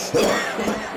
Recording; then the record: coughing mixed with background sound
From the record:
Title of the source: Spring Cold Coughing 3